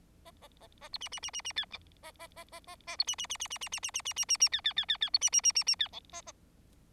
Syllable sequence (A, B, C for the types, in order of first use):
A A A A B C C C C C D A A A A A A B C C C C C C C C C C C C C D D D D D B C C C C C D E A A